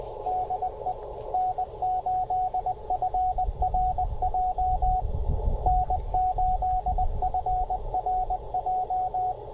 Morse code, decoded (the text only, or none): DE N8FRJ N8FRJ